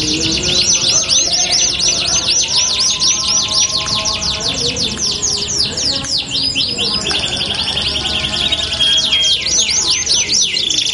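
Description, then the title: Belgian canary song made of rapid repeated slurred notes in long trills, high and continuous, with a short pure whistle near the end. Belgian canary song used to warm up canaries and prompt them to answer and sing within seconds. "Canto Para Esquentar Canário Belga. LANGSUNG NYAUT. Pancingan suara kenari hitungan detik langsung ikut bunyi"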